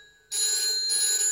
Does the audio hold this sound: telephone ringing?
yes